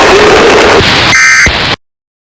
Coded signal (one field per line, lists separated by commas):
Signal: Emergency Alert System (SAME) tones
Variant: end-of-message bursts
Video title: EAS) REQUIRED MONTHLY TEST SIMULATION.